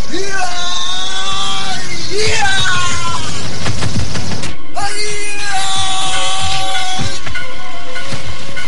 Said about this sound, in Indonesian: Dan kemudian ia berteriak panjang.